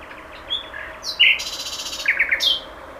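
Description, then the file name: Common nightingale song with a soft whistle, a harsh buzzy burst and quick chirping notes, varied and abrupt. "Luscinia megarhynchos 100311"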